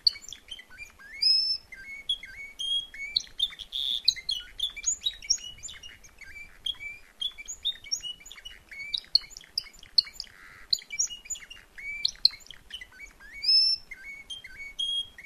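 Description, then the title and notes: Timbrado canary song, a steady stream of quick chirped notes and rolling trills shifting between phrases. Timbrado canary singing at a canary event or competition. "Canario timbrado de Gabriel. reproduccion de un canario en evento"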